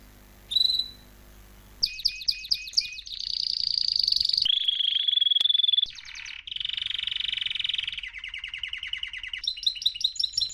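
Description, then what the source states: Canary song: a brief whistled note, then a fast run of varied trills and rolling buzzy phrases, each held a second or so before switching, ending in quick repeated chips. Belgian canary, male singing a lot; used to warm up young birds.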